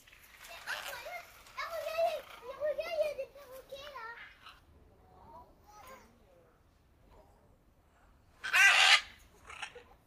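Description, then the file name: Macaw squawk: one loud, harsh screech near the end, preceded by softer tonal chattering and warbling notes. "2007 09 19 Aras"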